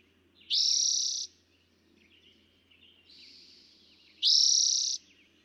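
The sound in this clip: Eastern towhee song, two loud rising buzzy trills nearly four seconds apart, separated by quieter chirping.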